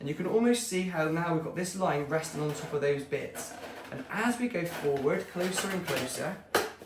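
Someone talks while the back edge of a corrugated cardboard BulkBox SLAB flat-pack storage unit is folded over and pushed along its crease line toward the slots it should seat into. Nothing has seated or popped into place yet.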